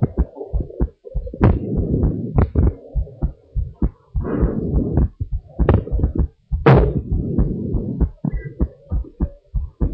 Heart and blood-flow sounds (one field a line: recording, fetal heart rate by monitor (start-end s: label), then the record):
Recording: heart sounds of a pregnant woman by stethoscope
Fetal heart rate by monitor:
no fetal heartbeat
From the record:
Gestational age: 38 weeks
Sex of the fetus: girl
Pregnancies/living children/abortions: 2/1/0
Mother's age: 27 years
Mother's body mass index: 38.1